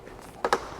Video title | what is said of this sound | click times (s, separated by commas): Watch This BEFORE You Buy a Car With Panoramic Sun Roof | you even hear it click until we get to the corner this is clipped in this is clipped in | 0.4 s, 0.5 s